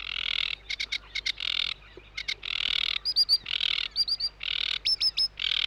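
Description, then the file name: Sedge Warbler song, long harsh grating buzzes alternating with quick high whistled slurs and clipped chirps in an irregular, lively sequence. "De Vogels - Rietzanger"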